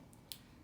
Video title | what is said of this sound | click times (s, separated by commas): Skills Checkoff: Mixing Insulin and subcutaneous injection | down so you hear that clicks that you know that it is flush and holding | 0.1 s, 0.3 s